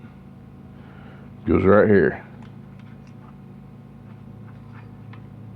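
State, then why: Not seated. A U-shaped metal retaining clip is handled at its spot on a GM 700R4 transmission fitting, where it will be pushed on until it snaps into place. Someone talks briefly around 1.5 to 2.2 seconds over a low steady hum, followed by faint small ticks of handling. Nothing has seated or clicked yet.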